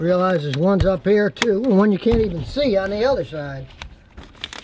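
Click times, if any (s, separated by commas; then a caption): 4.4 s, 4.5 s. Someone talks, then the engine air intake box cover is pressed down so its plastic spring snap clips latch. Two sharp clicks ring out at 4.4 s and 4.5 s as the air filter box cover snaps home and is seated.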